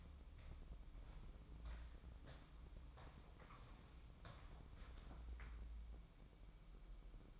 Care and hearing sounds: daily activity, microphone in the room; walk to room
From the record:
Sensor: 1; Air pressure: 1008.2 hPa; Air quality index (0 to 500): 138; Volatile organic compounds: 2 ppm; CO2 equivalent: 1167 ppm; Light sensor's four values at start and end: 10/23/9/10 and 10/23/9/10

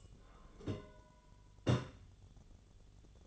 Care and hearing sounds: daily activity, microphone in the room; take from stove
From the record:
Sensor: 4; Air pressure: 1010.9 hPa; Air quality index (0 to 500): 165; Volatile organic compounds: 4 ppm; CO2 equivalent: 1686 ppm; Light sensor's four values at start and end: 40/114/46/47 and 40/113/45/46

